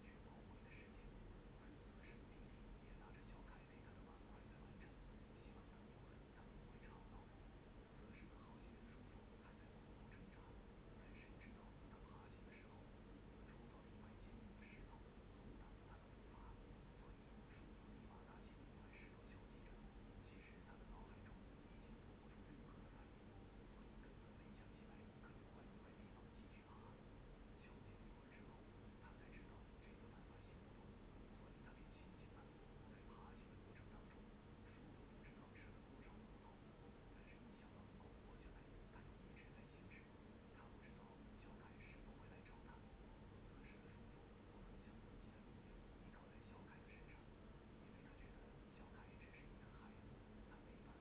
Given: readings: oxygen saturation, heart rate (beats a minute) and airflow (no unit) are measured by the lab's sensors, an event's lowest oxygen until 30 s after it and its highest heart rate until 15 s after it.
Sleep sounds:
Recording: a person awake in a sleep study, by a voice recorder at the bedside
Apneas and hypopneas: none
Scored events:
0.00-51.01 s: awake
From the record:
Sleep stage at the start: awake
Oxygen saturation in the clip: 94 to 95%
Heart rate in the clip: 73 to 78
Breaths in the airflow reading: 13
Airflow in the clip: -3.8 to 4.8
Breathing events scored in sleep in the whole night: 131 in 7.2 hours asleep

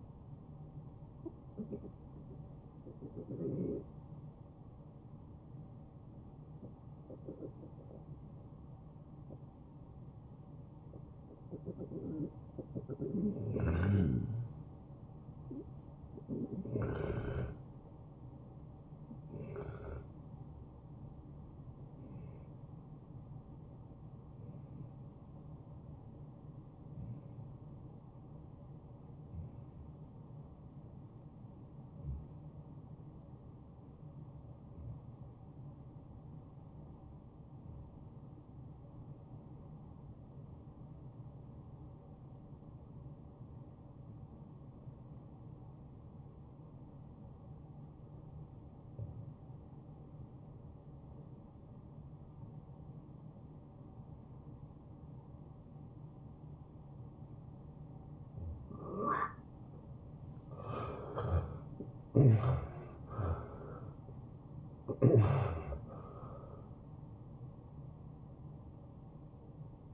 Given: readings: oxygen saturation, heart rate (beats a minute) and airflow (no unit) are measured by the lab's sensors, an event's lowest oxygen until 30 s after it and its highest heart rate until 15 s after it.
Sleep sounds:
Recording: breathing in sleep by a smartphone at the bedside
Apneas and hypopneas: 1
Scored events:
25.00-59.30 s: obstructive apnea (N1, oxygen 91% highest, then 70% lowest, heart rate 84 at the start, 91 highest)
28.00-58.00 s: new sleep stage, REM sleep
58.00-69.94 s: new sleep stage, N1 (lightest sleep)
From the record:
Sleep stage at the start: N1 (lightest sleep)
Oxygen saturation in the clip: 68 to 91%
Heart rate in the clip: 69 to 91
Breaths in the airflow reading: 9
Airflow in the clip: -17.7 to 7.7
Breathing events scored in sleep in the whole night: 263 in 5.5 hours asleep

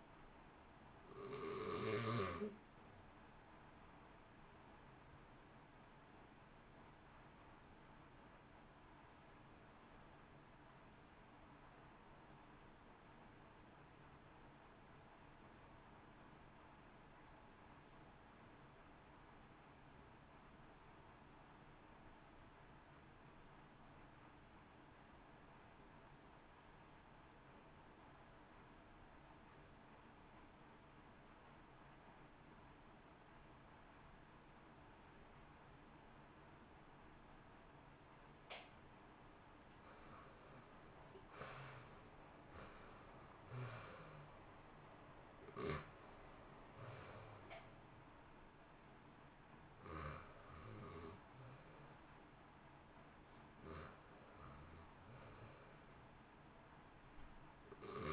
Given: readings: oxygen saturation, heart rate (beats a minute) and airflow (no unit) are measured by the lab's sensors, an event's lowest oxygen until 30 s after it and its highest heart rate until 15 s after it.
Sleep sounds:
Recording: breathing in sleep by a voice recorder at the bedside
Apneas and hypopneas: 1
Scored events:
9.00-40.20 s: obstructive apnea (REM, oxygen 92% highest, then 68% lowest, heart rate 58 at the start, 75 highest)
From the record:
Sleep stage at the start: REM sleep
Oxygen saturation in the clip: 80 to 93%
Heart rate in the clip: 56 to 75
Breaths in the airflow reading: 9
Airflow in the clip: -1.5 to 2.2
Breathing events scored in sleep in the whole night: 328 in 6.3 hours asleep

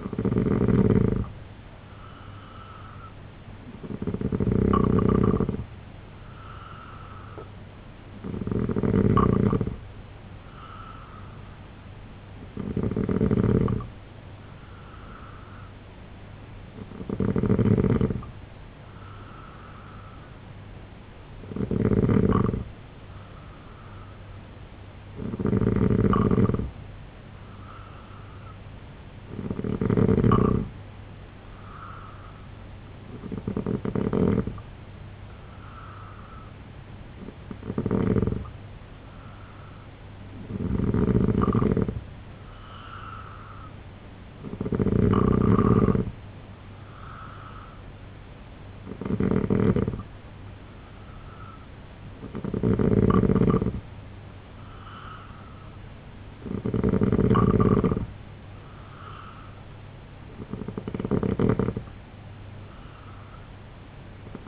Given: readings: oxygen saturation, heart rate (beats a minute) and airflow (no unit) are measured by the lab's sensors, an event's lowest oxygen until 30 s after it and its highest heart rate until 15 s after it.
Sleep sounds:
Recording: breathing in sleep by a voice recorder at the bedside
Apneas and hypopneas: 1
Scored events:
20.00-36.00 s: hypopnea (N2, oxygen 91% highest, then 87% lowest, heart rate 73 at the start, 74 highest)
46.00-64.48 s: new sleep stage, N3 (deep sleep)
From the record:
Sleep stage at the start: N2 (light sleep)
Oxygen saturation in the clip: 87 to 91%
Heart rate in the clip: 69 to 75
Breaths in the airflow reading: 15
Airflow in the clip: -3.2 to 5.3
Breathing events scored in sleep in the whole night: 258 in 7.4 hours asleep

